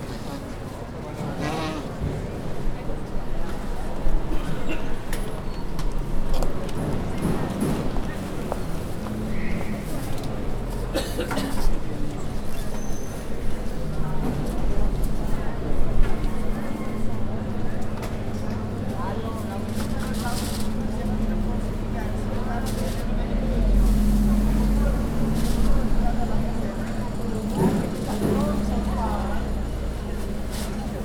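Busy outdoor market in a city square, with overlapping voices and chatter filling the whole stretch. A steady low buzzing hum runs underneath, and a deeper rumble swells around the middle of the recording. Occasional clatters and knocks punctuate the crowd.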